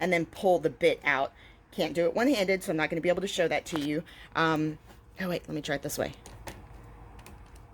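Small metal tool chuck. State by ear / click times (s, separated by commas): released / 7.3 s, 7.6 s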